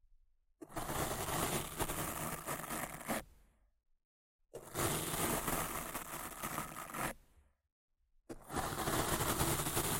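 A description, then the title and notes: Rough scratching and brushing against a microphone comes in three dense bursts of about two and a half to three seconds each, separated by short silences. Each pass is a gritty, crackling rasp covering low thuds up to bright hiss, fairly steady until it cuts off. ASMR Rough Mic Scratching & Brushing (No Talking).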